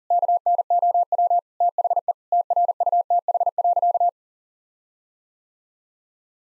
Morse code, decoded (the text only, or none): KNOW THE TRUTH.